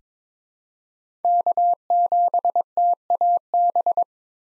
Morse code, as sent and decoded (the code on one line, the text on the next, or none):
-.- --... - .- -...
K7TAB